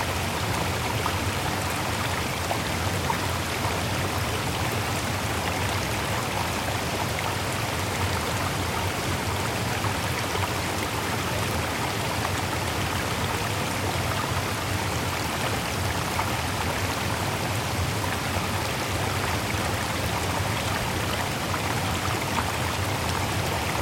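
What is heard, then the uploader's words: A waterfall roars steadily without pause, its rushing water filling everything from a low rumble up to a bright hiss. The sound is dense and unchanging across the whole stretch, close and even in level, with no separate events standing out. Relaxing Waterfall Sounds.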